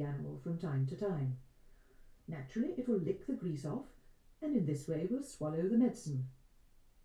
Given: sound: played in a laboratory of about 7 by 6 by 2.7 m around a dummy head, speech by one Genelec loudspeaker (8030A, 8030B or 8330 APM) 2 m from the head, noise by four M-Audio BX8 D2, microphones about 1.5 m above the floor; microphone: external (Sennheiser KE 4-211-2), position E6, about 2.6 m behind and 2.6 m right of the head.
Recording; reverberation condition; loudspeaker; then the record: female speech in English; low; 150 degrees to the right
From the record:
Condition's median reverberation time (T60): about 310 ms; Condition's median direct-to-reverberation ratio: about 3.5 dB